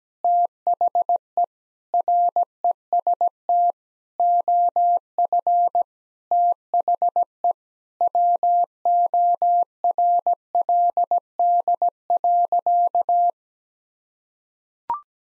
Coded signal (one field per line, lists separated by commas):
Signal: Morse code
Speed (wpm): 17 wpm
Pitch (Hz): 700 Hz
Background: none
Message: THE REST OF THE WORLD.